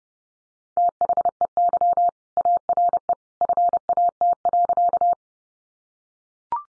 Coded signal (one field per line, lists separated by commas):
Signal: Morse code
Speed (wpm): 30 wpm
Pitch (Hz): 700 Hz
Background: none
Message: THEY ARE FAT.